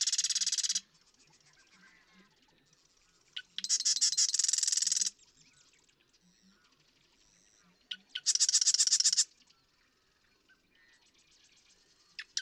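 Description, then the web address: Marsh Wren repeating its rattling, reeling song about every four seconds, the bursts preceded by sharp ticks, with quieter chatter between. "birdsongforthecurious Marsh Wren"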